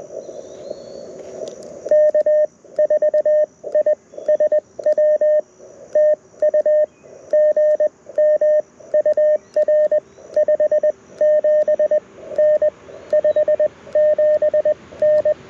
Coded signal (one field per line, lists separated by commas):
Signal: Morse code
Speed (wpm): 21 wpm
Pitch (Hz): 1800 Hz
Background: radio noise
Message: K4ISW TU GM UR 57N 57N